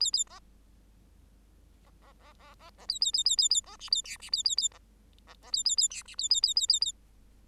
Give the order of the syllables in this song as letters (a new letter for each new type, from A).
A A B B B B B B B A A A A A A B C A D C A A A B B B A A A D C A A A A A A